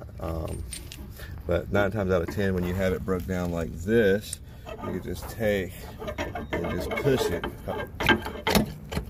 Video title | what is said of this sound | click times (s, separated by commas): How To Replace Chevy HHR CV Axle, The Replacement Secret. | time to see how it just snapped in just by doing it like that snaps in that locks that in place | 8.5 s